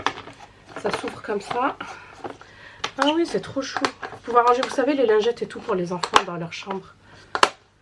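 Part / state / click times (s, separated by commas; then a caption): side wall of a collapsible plastic storage crate clipping into its base / seated / 7.4 s. Someone talks while unfolding a small collapsible plastic storage crate and snapping its side walls upright. Two sharp clicks are heard at 7.3 and 7.4 seconds as a side wall clips into place on the base, and the crate is seated.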